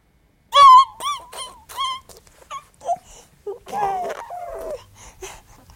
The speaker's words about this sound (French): Un bébé qui appelle, il appelle avec son corps, il appelle avec son cri.